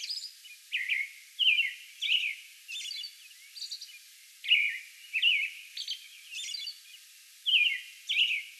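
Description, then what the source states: American robin giving steady caroling song, whistled phrases mixed with high shrill notes. A song bout recorded on May 11.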